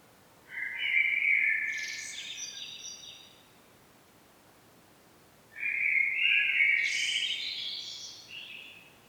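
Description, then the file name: Common blackbird song, two clear phrases about five seconds apart, each a flute-like warble sliding into a thin high twitter. "Turdus merula"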